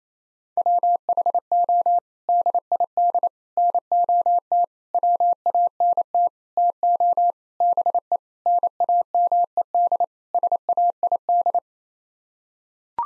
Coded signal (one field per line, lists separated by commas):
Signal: Morse code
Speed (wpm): 28 wpm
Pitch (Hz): 700 Hz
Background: none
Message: WHO DID NOT WANT TO BE NAMED SAID